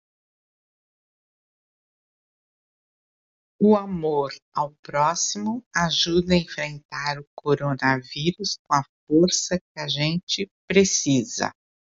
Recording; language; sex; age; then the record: spoken sentence; Brazilian Portuguese; female; 60 to 69 years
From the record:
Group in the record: control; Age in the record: 66 years